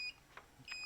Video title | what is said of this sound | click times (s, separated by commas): Please NO, No more Solax Transformers - Bad scooter or just bad owners?? | and locks into place yeah you hear it click lock and also that works | 0.4 s